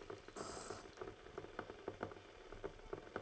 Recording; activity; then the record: daily activity, microphone in the room; make coffee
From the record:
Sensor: 4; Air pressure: 1015.5 hPa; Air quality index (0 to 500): 190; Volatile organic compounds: 9 ppm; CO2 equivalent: 2126 ppm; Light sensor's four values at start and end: 5/10/4/3 and 5/10/4/3